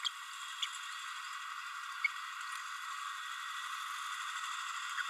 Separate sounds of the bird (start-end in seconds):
0.04-0.09, 0.62-0.65, 2.04-2.07